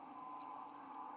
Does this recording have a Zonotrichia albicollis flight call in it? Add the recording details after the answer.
no. No flight call is heard. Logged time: 03:05 on 5 December 2014